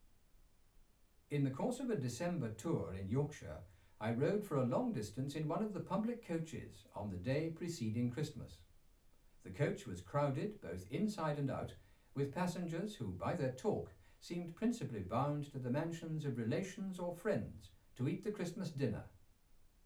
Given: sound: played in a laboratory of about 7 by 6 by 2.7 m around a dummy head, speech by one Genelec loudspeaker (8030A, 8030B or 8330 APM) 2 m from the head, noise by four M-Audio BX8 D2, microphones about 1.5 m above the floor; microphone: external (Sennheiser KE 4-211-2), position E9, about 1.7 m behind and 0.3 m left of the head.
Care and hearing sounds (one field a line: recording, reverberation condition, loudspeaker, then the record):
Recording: male speech in English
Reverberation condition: low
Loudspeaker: 30 degrees to the left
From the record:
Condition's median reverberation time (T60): about 310 ms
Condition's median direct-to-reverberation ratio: about 3.5 dB